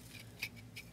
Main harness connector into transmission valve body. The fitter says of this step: i hope you heard that snap so